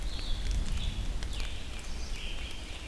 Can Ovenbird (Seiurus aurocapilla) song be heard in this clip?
no